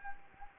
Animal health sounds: mosquito wingbeat signal from an infrared sensor; Anopheles gambiae

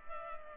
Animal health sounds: mosquito wingbeat signal from an infrared sensor; Culex pipiens

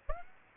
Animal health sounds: mosquito wingbeat signal from an infrared sensor; Aedes aegypti

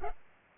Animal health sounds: mosquito wingbeat signal from an infrared sensor; Culex pipiens

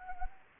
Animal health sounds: mosquito wingbeat signal from an infrared sensor; Anopheles gambiae

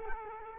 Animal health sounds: mosquito wingbeat signal from an infrared sensor; Culex quinquefasciatus

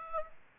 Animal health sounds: mosquito wingbeat signal from an infrared sensor; Aedes aegypti

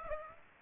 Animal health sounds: mosquito wingbeat signal from an infrared sensor; Aedes aegypti

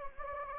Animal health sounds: mosquito wingbeat signal from an infrared sensor; Anopheles gambiae

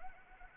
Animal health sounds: mosquito wingbeat signal from an infrared sensor; Anopheles arabiensis

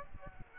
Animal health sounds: mosquito wingbeat signal from an infrared sensor; Aedes aegypti

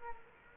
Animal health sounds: mosquito wingbeat signal from an infrared sensor; Culex quinquefasciatus

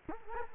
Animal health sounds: mosquito wingbeat signal from an infrared sensor; Culex quinquefasciatus

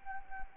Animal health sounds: mosquito wingbeat signal from an infrared sensor; Anopheles arabiensis

